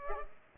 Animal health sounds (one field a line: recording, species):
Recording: mosquito wingbeat signal from an infrared sensor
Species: Culex pipiens